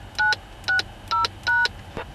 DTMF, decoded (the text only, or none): 960#